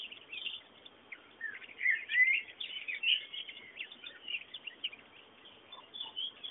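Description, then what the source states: Birds chirping in a bright, busy series of short twittering notes, loudest near the two-second mark, then thinner scattered chirps. Bird sounds presented as background ambience.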